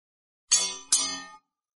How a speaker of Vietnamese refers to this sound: Hàn Lập nghe được một tiếng leng keng nhẹ vang lên.